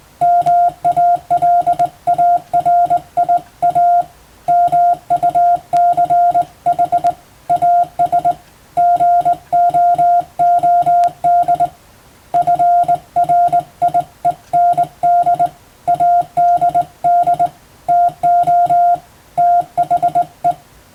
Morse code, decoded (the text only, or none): MALARIA MUCH AS GOOD FRIEND ADD TO THE